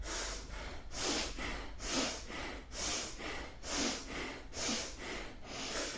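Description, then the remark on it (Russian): Forceful, airy breaths pushed in and out from the belly at a steady quick rhythm during a bhastrika yoga breathing exercise. There are about seven cycles in a row, each a loud rushing huff, with no talking. “Дышим, дышим животом. На вдохе живот у нас выдох.”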